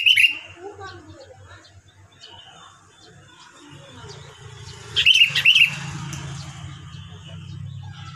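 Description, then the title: Sooty-headed bulbul song: a quick liquid phrase at the start and another after five seconds, over faint background noise and a low motor hum. "Kutilang"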